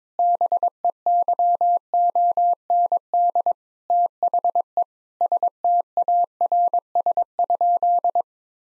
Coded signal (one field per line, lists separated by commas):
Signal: Morse code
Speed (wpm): 22 wpm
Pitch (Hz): 700 Hz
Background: none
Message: BEYOND THE STARS?